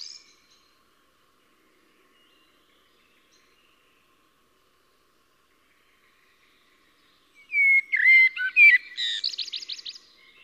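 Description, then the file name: Eurasian blackbird singing after a long quiet stretch: a mellow whistled phrase, then a quick squeaky twittering flourish near the close. "Koltrast"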